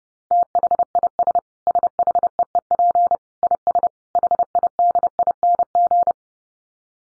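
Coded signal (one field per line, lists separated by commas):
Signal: Morse code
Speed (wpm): 30 wpm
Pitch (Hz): 700 Hz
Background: none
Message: THIS SHEEP IS HIDING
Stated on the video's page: Morse code head-copy drill at 30 wpm of short phrases made almost entirely of dits (E, I, S, H, 5).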